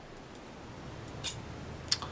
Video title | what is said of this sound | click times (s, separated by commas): How to Install the Dye MXR Update Parts Kit - FREE Upgrade Kit from Dye Paintball | Just pops into place like that. | 1.9 s